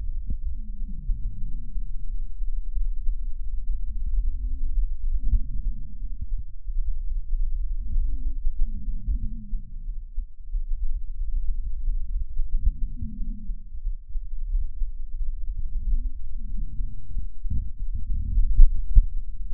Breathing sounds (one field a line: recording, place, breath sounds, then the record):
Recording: lung sounds by stethoscope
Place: right anterior upper chest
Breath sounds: expiratory wheeze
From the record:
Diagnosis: asthma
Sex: male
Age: 46 years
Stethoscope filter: bell mode, 20 to 200 Hz